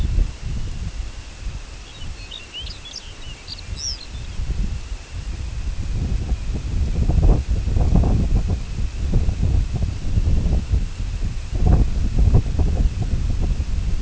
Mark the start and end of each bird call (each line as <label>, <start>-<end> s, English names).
Lapland Longspur, 1.80-4.38 s